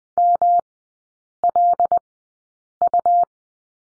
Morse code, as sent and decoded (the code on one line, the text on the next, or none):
-- .-.. ..-
MLU